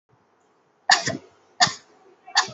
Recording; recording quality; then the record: shallow voluntary cough; excellent, no background noise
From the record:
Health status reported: COVID-19 positive, mild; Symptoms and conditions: cough, cold, sore throat, fever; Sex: female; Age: 23 years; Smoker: not ticked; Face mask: not worn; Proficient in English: yes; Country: India